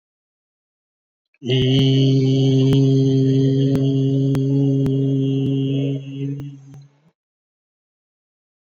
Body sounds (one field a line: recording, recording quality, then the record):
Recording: sustained vowel as in beet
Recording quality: excellent, no background noise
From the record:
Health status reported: COVID-19 positive, moderate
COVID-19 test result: positive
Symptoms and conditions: cough, breathing difficulty, fever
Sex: male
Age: 42 years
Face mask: not worn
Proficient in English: yes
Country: India